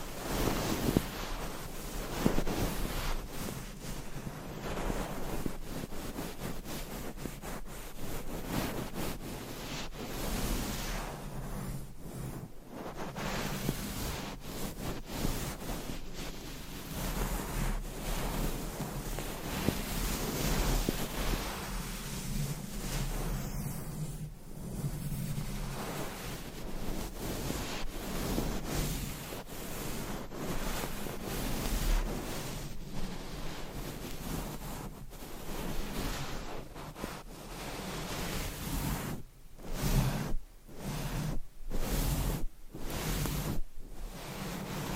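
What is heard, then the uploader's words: Scratching and rubbing fill the whole 45 seconds as a dense, hissing rustle, like wind or surf, with fairly even loudness. Brief breaks interrupt it now and then, clustering into several quick stops and starts near the end, over a faint low rumble. Scratching , Tapping & Massage.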